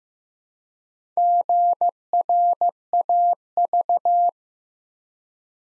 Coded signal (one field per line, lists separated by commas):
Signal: Morse code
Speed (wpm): 15 wpm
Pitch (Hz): 700 Hz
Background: none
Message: GRAV